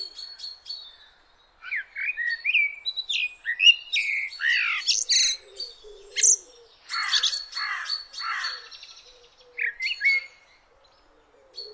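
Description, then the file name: Common blackbird delivering rich, fluty phrases that glide and warble, followed by sharp high chattering twitters; quieter whistled notes close it. "Turdus merula"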